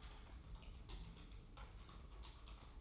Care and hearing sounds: daily activity, microphone in the room; typing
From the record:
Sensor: 1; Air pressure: 995.3 hPa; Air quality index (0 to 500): 28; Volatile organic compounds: 1 ppm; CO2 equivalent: 541 ppm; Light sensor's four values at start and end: 14/49/17/18 and 14/49/17/18

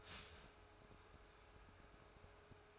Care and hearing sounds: daily activity, microphone in the room; start toaster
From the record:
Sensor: 2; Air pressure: 1014.5 hPa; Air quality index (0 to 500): 205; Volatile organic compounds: 24 ppm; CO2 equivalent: 2812 ppm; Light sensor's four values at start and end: 3/9/3/3 and 3/9/3/3

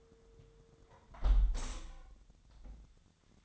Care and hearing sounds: daily activity, microphone in the room; close window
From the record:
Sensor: 3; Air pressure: 999.8 hPa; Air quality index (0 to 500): 216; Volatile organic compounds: 75 ppm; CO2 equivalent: 3561 ppm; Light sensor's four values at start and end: 9/22/9/9 and 9/22/9/8

